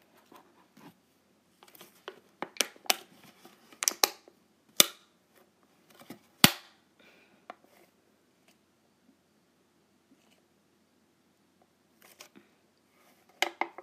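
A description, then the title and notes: Clips being snapped shut, heard as sharp, bright clicks that come in irregular bursts. They cluster around the second to fourth seconds, with a loud single snap near six and a half seconds, and more near the end. Softer handling rustles and a faint low hum fill the pauses. ASMR Clipping my Clips.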